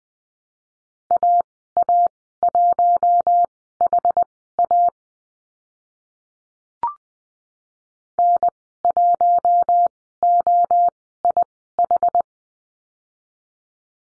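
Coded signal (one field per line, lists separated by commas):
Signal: Morse code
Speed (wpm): 20 wpm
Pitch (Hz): 700 Hz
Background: none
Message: AA1HA N1OIH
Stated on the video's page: Morse course lesson on letter H and call signs at Farnsworth speed 20/10 wpm.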